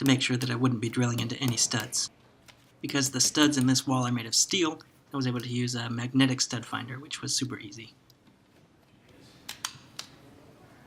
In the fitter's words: I like hearing those 3 clicks.